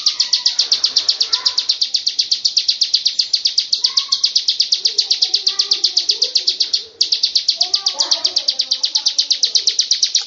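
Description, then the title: Lovebird ngekek: a sustained rapid high chatter with one brief break near seven seconds, over faint, scattered lower bird chirps. Long 'ngekek' song. "Audio Lovebird Ngekek Panjang Ciblek"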